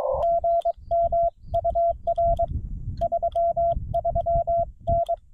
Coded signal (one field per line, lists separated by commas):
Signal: Morse code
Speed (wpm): 22 wpm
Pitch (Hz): 680 Hz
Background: none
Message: GM UR 33N